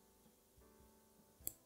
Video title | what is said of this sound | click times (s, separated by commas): Enicar Watch Review - I Finally Got an Enicar! | and then pop that back in nice solid clicks | 1.5 s